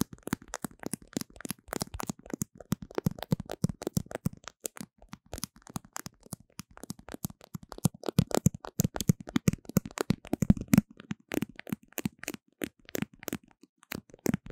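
Paper tape is handled while decorating a microphone, producing a dense, constant stream of sharp crackles and ticks. The snaps come rapidly and irregularly for the full fifteen seconds, with brief lighter gaps near five and eleven seconds and no other sounds behind them.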